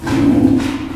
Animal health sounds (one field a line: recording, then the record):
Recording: squeal of a Yucatan mini pig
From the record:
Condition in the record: before surgery on the right vocal fold (resection and tissue-engineered implant)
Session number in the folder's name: 1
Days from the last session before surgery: -21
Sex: female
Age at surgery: 19 weeks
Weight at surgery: 25 kg